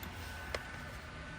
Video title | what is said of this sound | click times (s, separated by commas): 2010-2013 Acura ZDX Seat Cover Installation - OTOEZ Custom Fit Seat Covers | So you can squeeze this and it releases. | 0.6 s